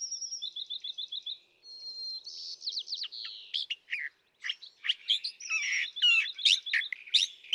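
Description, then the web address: California thrasher song: a run of rapid repeated trilled notes, then a varied, jumbled series of harsh and sweet phrases. "birdsongforthecurious California Thrasher"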